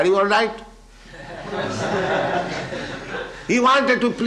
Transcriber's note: laughter